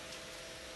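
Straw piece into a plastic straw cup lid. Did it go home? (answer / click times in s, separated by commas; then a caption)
no / none. A straw piece is being handled and threaded into the plastic lid of a Tommee Tippee Explora Straw Cup, with steady broadband noise and a faint continuous tone throughout. Nothing has snapped into place or clicked yet.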